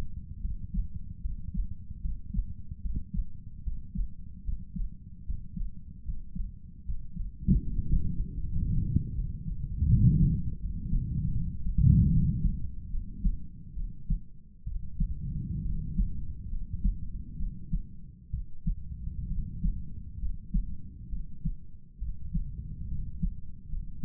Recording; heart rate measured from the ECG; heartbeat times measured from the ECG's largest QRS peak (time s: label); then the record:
heart sounds by stethoscope; 72 bpm
0.40 s: heartbeat
1.21 s: heartbeat
2.00 s: heartbeat
2.81 s: heartbeat
3.62 s: heartbeat
4.43 s: heartbeat
5.24 s: heartbeat
6.04 s: heartbeat
6.84 s: heartbeat
7.62 s: heartbeat
8.40 s: heartbeat
9.14 s: heartbeat
9.87 s: heartbeat
10.59 s: heartbeat
11.32 s: heartbeat
12.09 s: heartbeat
12.90 s: heartbeat
13.74 s: heartbeat
14.64 s: heartbeat
15.63 s: heartbeat
16.49 s: heartbeat
17.37 s: heartbeat
18.31 s: heartbeat
19.28 s: heartbeat
20.19 s: heartbeat
21.10 s: heartbeat
21.99 s: heartbeat
22.88 s: heartbeat
23.69 s: heartbeat
From the record:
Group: healthy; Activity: breath hold 0-11 s, rest 11-24 s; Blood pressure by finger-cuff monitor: 108/62 mmHg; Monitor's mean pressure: 76 mmHg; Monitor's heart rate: 73 bpm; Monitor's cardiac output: 7.2 L/min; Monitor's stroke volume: 101 mL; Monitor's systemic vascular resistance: 760 dyn s/cm5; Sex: male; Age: 35 years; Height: 180 cm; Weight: 86.9 kg